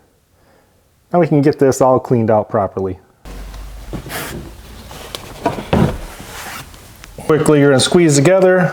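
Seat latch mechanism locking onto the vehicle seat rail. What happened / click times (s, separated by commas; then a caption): The latch is being handled but has not yet locked into place / none. Someone talks while handling the plastic seat rail latch of a Chevy Colorado/Canyon truck passenger seat during reinstallation, squeezing the latch parts together before rotating the gray piece down. Between about 3.2 and 7.2 s there is rustling and handling noise with a few short sharp knocks around 5.2 and 5.7 s. Nothing has seated or clicked into place yet.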